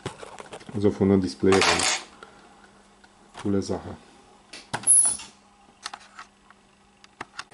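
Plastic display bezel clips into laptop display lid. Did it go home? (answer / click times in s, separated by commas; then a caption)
yes / 4.8 s, 5.9 s, 7.2 s. On a Medion Erazer P17815 laptop whose camera came loose after a knock, the plastic display bezel (frame) is pressed onto the display lid. Its clips snap in along the lower part with sharp clicks at 4.8 s, 5.9 s and 7.2 s, after someone talks at the start. The bezel is seated up to that point, and the top is still free.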